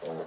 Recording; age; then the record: pig call; piglet (1 to 25 days)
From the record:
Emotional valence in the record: negative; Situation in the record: missed nursing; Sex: male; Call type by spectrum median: low-frequency call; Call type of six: low-frequency stable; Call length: 0.27 s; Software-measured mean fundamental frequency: 53 Hz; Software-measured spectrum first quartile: 429 Hz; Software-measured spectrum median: 596 Hz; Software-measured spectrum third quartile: 1330 Hz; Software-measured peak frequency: 486 Hz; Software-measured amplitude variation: 98 dB a second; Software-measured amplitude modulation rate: 16.8 a second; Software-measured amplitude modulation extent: 5.9 dB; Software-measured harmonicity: 1.9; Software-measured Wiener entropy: -1.10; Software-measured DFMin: 1191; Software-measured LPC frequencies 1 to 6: 530, 3413, 4176, 4918, 5947, 7270 Hz